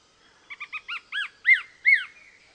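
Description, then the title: Greyish mourner song: a series of about seven clear whistled notes, each longer, louder and more arched than the last, ending with two strong arched notes. Subspecies Rhytipterna simplex simplex. "LuckyPassaro Completos2Sama. Greyish Mourner (Rhytipterna simplex simplex)"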